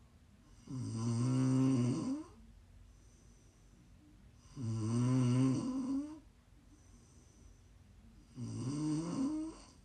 ASMR Snoring. Please enjoy some prime ASMR snoring 💛 You can listen to sleep, to relax, to wind down, whatever you want.